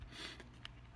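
A plastic transformation part of a Legacy Evolutions Maximal Leo Prime Voyager Transformers action figure is pushed again into the figure's body after a first attempt seemed not to snap. A faint tap at 0.4 s is followed by a sharp click at 0.7 s as the part snaps into place and is seated.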